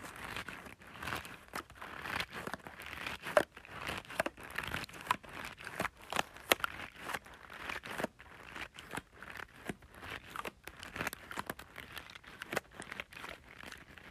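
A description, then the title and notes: Rice is being played with, making a dense, continuous patter of tiny grains rustling and clicking. Sharper crinkly bursts break through every second or so, as if handfuls are scooped, poured or stirred, with no pauses throughout. ASMR Playing with Rice.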